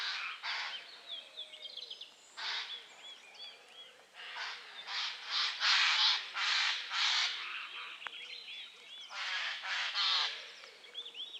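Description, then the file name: Eurasian jay calling repeatedly with loud, hoarse tearing screeches in clustered bursts, while small birds whistle and twitter faintly behind. "Garrulus glandarius"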